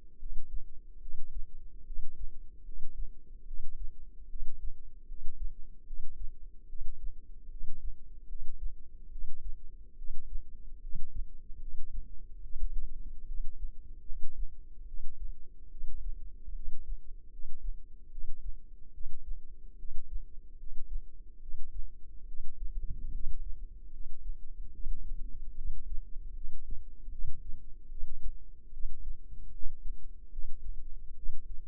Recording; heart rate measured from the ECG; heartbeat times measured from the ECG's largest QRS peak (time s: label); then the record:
heart sounds by microphone in the left ear; 74 bpm
0.17 s: heartbeat
0.99 s: heartbeat
1.83 s: heartbeat
2.63 s: heartbeat
3.44 s: heartbeat
4.27 s: heartbeat
5.05 s: heartbeat
5.84 s: heartbeat
6.66 s: heartbeat
7.48 s: heartbeat
8.26 s: heartbeat
9.09 s: heartbeat
9.95 s: heartbeat
10.80 s: heartbeat
11.58 s: heartbeat
12.41 s: heartbeat
13.25 s: heartbeat
14.04 s: heartbeat
14.85 s: heartbeat
15.69 s: heartbeat
16.53 s: heartbeat
17.29 s: heartbeat
18.09 s: heartbeat
18.91 s: heartbeat
19.76 s: heartbeat
20.57 s: heartbeat
21.39 s: heartbeat
22.25 s: heartbeat
23.11 s: heartbeat
23.90 s: heartbeat
24.71 s: heartbeat
25.54 s: heartbeat
26.33 s: heartbeat
27.09 s: heartbeat
27.88 s: heartbeat
28.71 s: heartbeat
29.51 s: heartbeat
30.29 s: heartbeat
31.14 s: heartbeat
From the record:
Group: healthy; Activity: rest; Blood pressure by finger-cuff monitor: 117/79 mmHg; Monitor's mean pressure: 92 mmHg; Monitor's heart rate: 74 bpm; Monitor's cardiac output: 6.1 L/min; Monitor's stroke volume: 83 mL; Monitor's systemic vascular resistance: 1110 dyn s/cm5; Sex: female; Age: 22 years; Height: 160 cm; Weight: 45 kg